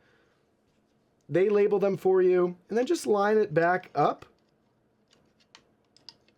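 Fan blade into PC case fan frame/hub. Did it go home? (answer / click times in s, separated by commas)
yes / 6.1 s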